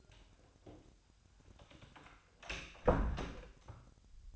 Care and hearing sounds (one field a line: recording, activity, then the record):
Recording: daily activity, microphone in the room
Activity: close door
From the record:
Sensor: 2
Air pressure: 1007.0 hPa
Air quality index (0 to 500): 192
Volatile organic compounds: 12 ppm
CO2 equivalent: 2360 ppm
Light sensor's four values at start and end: 10/24/10/10 and 10/23/10/10